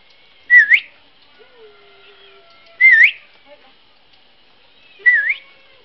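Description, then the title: Asian pied starling song: three short, bright whistled phrases, each a quick twisting note, about two seconds apart, with faint softer whistles between them. "jalak_suren"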